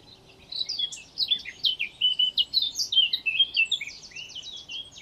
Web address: SETE data Sylvia atricapilla